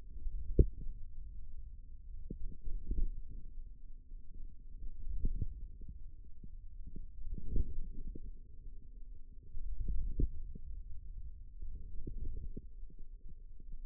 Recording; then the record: forearm muscle sounds (acoustic myography)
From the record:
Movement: hand closing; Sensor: system 2, bracelet of six BSWA MPA416 microphones around the upper forearm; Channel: 4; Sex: female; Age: 22 years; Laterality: right